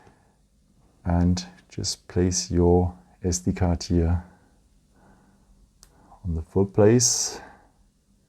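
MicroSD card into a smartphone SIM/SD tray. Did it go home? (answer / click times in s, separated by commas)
no / none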